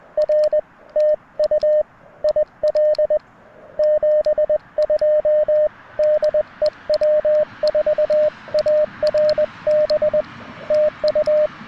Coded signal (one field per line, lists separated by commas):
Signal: Morse code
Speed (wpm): 19 wpm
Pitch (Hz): 590 Hz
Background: radio noise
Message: R TU IL 72 DE W4ARB TU